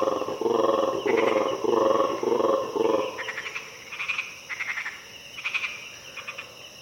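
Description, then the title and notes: Colobus monkey calls, deep rhythmic croaking roars repeated about twice a second for three seconds, then rattling frog calls over a steady insect chorus. Colobus monkeys waking early at dawn deep in the Harenna Forest, uttering territorial calls amid an insect chorus punctuated by frogs. "Early at dawn, deep in the Harenna Forest. Colobus monkeys wake up and utter their terrifying territorial calls with a lush insect chorus background punctuated by frogs. African Cloud Forest"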